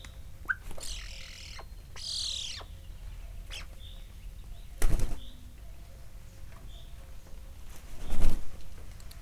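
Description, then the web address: Eurasian magpie harsh rasping calls, two drawn-out grating bursts early on, among sharp high squeaks and a few thuds and knocks in the background. Ambience at Miskolc Zoo, 27 May 2009. "allathangok miskolcizoo 2009 standardt szarka hangulatkep 05 27"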